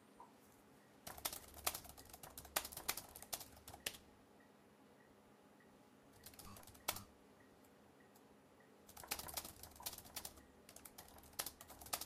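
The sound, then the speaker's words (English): Bursts of rapid keyboard typing, crisp clicky keystrokes in irregular clusters with short pauses between, over a low steady hum. No one speaks. “I hear you typing that ass.”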